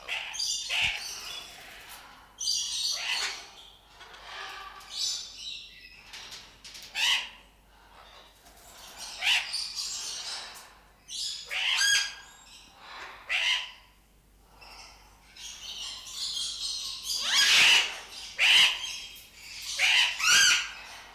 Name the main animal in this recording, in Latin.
Primolius maracana